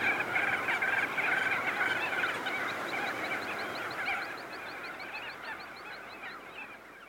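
Crested auklets in a dense chorus of overlapping nasal honks, with a rapid series of high chirps through the second half, the whole fading toward the end.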